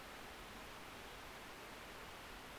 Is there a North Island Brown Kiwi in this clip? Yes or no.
no